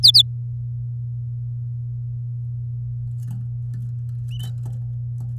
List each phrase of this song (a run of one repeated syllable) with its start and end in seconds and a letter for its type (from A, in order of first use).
0.03-0.22 A